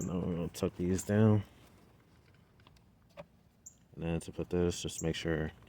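Someone talks while tucking down the new front engine wiring harness in the engine bay of a 7th Gen Nissan Maxima, with faint light handling ticks in the quiet middle stretch between about 2.3 and 3.7 s. The harness's plastic retainer clip is being lined up for its mounting point, but nothing has seated or clicked yet.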